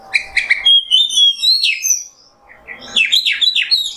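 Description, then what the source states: Oriental magpie-robin giving clear slurred whistles, then after a short pause a quick series of rolling, descending whistles. Indonesian masteran (tutor recording for training kept birds), song in the 'nembak' style.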